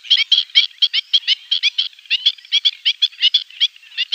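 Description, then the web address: Black-winged stilt calling in a rapid, excited series of sharp nasal yelps, many notes tumbling close together with little pause. "Schulze Peter Black-winged Stilt"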